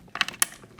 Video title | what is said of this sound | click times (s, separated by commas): SSR249 Overview | pop it in till it clicks. | 0.4 s